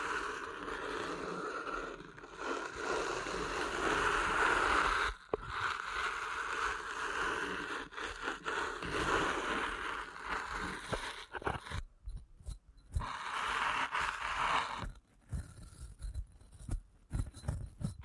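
Ear canal massage with dense, steady rubbing and scraping, broken by sudden near-silent gaps around five and twelve seconds, then choppier, stuttering strokes.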